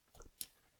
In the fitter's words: They're connected. I heard a click.